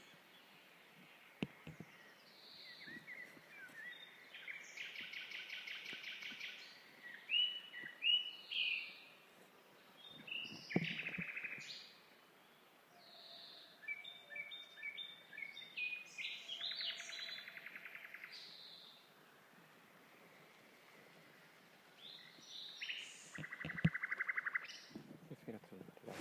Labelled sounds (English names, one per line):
Common Nightingale song